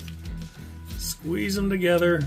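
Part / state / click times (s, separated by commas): toy clips into torso / not seated / none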